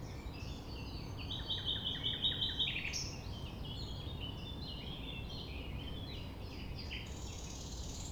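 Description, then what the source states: Common nightingale song: varied chirps, a rapid rattling series of identical notes, then more varied chirps and repeated notes, with a steady low rumble beneath. Recorded at 6 A.M. at sunrise near the Thève, Champ de Ménage; the nightingale sings without waiting for silence.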